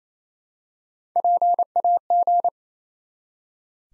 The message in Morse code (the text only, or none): PAG